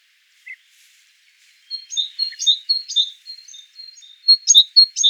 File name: Parus major